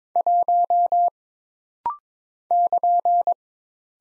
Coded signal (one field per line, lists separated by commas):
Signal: Morse code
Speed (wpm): 22 wpm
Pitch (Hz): 700 Hz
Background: none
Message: 1 <KN>